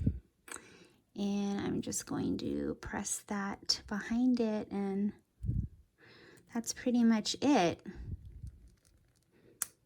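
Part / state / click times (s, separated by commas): decorative stud backing on a denim bag / seated / 9.6 s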